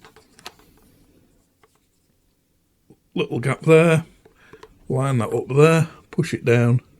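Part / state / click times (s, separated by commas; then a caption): main nozzle onto handheld steamer / not seated / none. A plastic main nozzle is lined up with a small gap and pushed down onto a Silvercrest handheld steamer, with a few faint handling taps near the start at 0.5 s and 1.6 s. Someone talks through most of the clip. Nothing has seated or clicked yet; the nozzle is not yet home when the clip ends.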